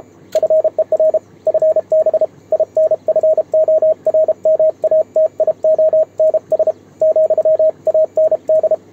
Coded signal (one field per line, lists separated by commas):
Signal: Morse code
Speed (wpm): 32 wpm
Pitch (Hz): 630 Hz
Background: radio noise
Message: FER FB INFORMATIONS ,AND